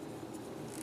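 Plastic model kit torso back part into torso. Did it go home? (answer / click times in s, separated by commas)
no / none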